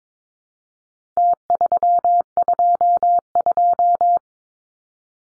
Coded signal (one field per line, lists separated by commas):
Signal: Morse code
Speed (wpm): 22 wpm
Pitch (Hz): 700 Hz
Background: none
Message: T322